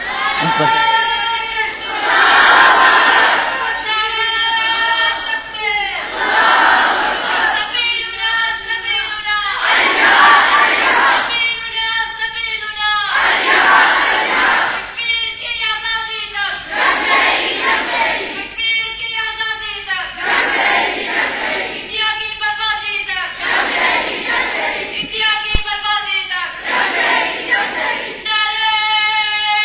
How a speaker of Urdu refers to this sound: تو اب ذرا نعرے کم لگائیں حضرات,